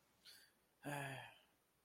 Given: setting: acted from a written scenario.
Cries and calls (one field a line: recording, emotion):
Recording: vocal sound without words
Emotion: sadness